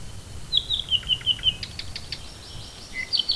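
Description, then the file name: Bird song: a quick run of high thin notes stepping slightly downward, then short sharp ticking notes and a few higher chirps over a low background rumble. "manu birdsongs"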